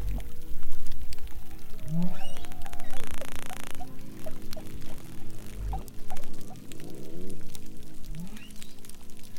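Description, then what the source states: Bearded seal giving sweeping tonal glides with harmonics, mixed with clicks and a low steady hum underwater. Heard through hydrophones lowered into the water; the seal's head was sticking out of the water nearby, looking at the recordist; described as a singing, beautiful tone.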